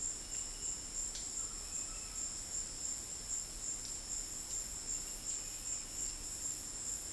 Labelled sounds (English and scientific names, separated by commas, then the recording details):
none
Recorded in dense forest near Puerto Asís, Putumayo, Colombia, on 20 February 2024 at 14:30
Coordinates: 0.481, -76.318
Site G6421